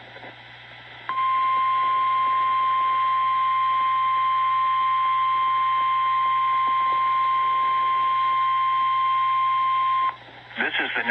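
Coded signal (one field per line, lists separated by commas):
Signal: Emergency Alert System (SAME) tones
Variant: 1050 Hz attention tone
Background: speech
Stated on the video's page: Real NOAA Weather Radio Required Weekly Test relayed by weather radio stations in Chattanooga and Cookeville.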